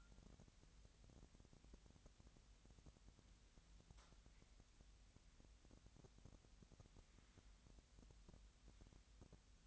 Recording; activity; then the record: daily activity, microphone in the room; wipe stove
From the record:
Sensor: 3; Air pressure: 1003.1 hPa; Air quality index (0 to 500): 198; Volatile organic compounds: 6 ppm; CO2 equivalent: 1929 ppm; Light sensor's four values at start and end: 12/30/13/13 and 13/30/13/13